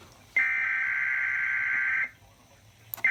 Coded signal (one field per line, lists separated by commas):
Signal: Emergency Alert System (SAME) tones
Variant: header bursts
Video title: EAS 148 WXL55 RWT